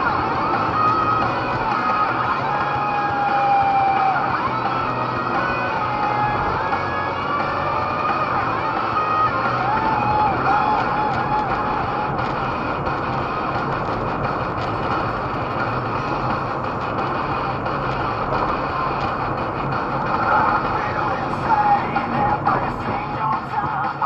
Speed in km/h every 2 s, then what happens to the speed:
74, 70, 72, 72, 77, 78, 78, 80, 81, 81, 64, 5.
0-6 steady at about 72. 6-9 speeds up to 78. 9-19 steady at about 80. 19-24 brakes to 5.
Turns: none.